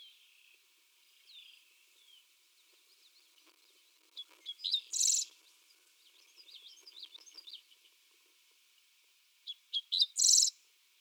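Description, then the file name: Dickcissel song: quick clipped notes leading into a harsh buzzy ending, given twice about five seconds apart, with faint chirping of other birds in the background. Recorded on 8 June 2021. "2021-06-08 Dickcissel"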